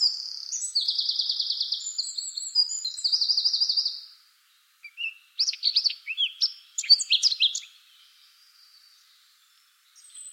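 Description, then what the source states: Eurasian blackcap song, opening with two buzzy, rapidly pulsed trills, then a short pause before a burst of quick, jumbled warbling notes. Recorded on 24 April 2013.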